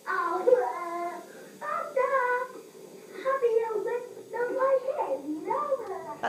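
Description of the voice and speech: A young child's halting, largely unintelligible speech with substituted sounds, from a child who was slow to start talking: a childhood phonological speech disorder.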